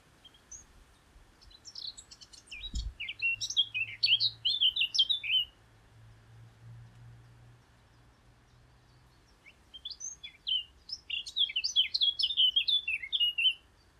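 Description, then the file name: Eurasian blackcap song: two warbled phrases of quick high twittering notes that run into clearer fluty whistles, separated by a pause of about five seconds, with a soft low thump and hum. "Sylvia atricapilla"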